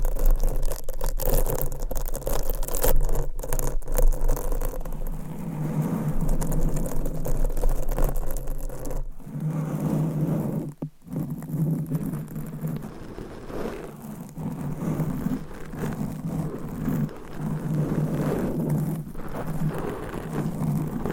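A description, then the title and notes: Nails scratch steadily against a microphone in dense, rough strokes with a low rumble, briefly pausing near the eleven-second mark. ASMR Mic Scratching - Brain Scratching Hypnotic Asmr No Talking for Sleep with Long Nails.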